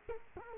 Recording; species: mosquito wingbeat signal from an infrared sensor; Culex quinquefasciatus